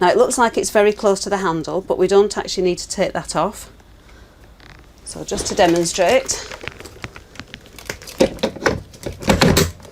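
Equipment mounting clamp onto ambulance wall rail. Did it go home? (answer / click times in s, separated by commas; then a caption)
yes / 9.4 s. Someone talks, then after a quiet pause an ambulance medical equipment mount, a metal and plastic clamp, is pushed onto the wall rail fixing, a bit stiff as new equipment. Handling knocks and thunks build up until a sharp click at 9.4 s as the mount locks in place on the rail.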